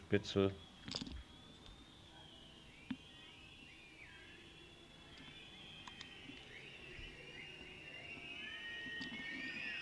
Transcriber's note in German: Im Hintergrund Pfeiffen